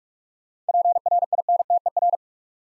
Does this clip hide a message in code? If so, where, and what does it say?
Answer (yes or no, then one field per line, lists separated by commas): yes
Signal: Morse code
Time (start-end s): 0.7-2.2 s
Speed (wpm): 44 wpm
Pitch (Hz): 700 Hz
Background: none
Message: PRINTER